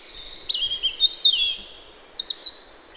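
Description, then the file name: European robin singing a short burst of high, sweet, warbling notes with quick pitch slides, followed by a few brief notes. "Erithacus rubecula"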